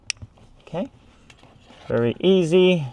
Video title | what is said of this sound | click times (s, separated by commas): Porsche 997 911 Turbo gets more ACCELERATION with the Shiftpower Throttle Response Controller! | all right so this is your factory connector here and just push it in it'll lock into place | 0.1 s